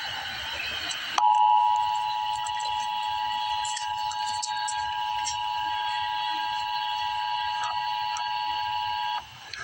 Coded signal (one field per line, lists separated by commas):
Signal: Emergency Alert System (SAME) tones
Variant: 853 and 960 Hz attention tone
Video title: Emergency Alert System - Severe Thunderstorm Warning - Jun 6, 2026 at 5:41 PM EDT